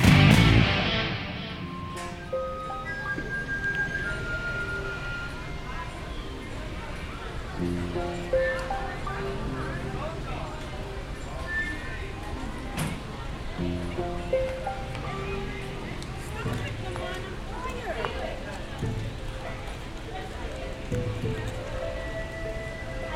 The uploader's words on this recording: … takes you into Animal Kingdom for a "WhereinthePark-Style" Walk. Walk in Animal Kingdom.